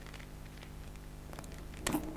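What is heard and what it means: A plastic hand is pressed onto the wrist peg of a custom 1/6 scale Nathan Drake figure from Uncharted 4. Two faint ticks are heard around 1.3 and 1.4 seconds, then a sharp click at 1.9 seconds as the hand seats and fits snugly with the joint hidden.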